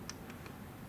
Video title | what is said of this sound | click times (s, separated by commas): Student Training Video: Sports Camera Set Up | line it up with the line and the red circle right here and it clicks into place just like that | 0.1 s